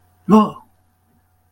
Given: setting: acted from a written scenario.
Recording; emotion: vocal sound without words; negative surprise